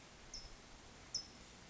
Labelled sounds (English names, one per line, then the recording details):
California Towhee
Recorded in Sonoma County, California